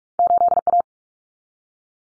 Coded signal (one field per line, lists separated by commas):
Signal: Morse code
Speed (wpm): 44 wpm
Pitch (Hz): 700 Hz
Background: none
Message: 8A